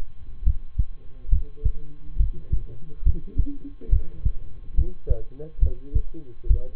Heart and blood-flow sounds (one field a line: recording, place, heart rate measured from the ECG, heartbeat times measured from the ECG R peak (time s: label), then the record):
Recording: heart sounds by stethoscope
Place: between the tricuspid and mitral areas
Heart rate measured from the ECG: 70 bpm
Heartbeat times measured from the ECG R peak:
0.43 s: heartbeat
1.29 s: heartbeat
2.16 s: heartbeat
3.02 s: heartbeat
3.89 s: heartbeat
4.74 s: heartbeat
5.59 s: heartbeat
6.47 s: heartbeat
From the record:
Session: rest, lying down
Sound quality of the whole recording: good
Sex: male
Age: 23 years